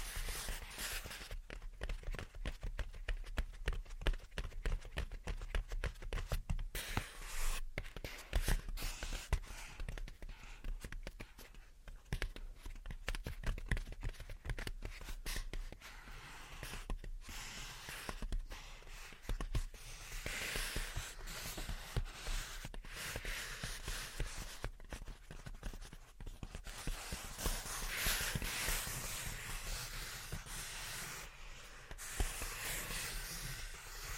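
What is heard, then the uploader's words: Gentle tapping and scratching runs through the whole recording, a dense stream of quick, irregular taps with soft scraping strokes between them. The sound is bright and hissy with a steady low hum underneath, growing fuller and rougher around the middle and again near the end. Gentle Tapping and Scratching. (No Talking).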